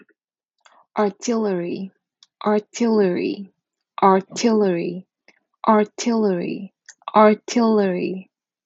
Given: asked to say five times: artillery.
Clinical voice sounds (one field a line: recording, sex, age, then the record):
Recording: repeated word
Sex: female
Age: 30 to 39 years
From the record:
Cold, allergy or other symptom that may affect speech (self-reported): no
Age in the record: 31 years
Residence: California, United States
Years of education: 18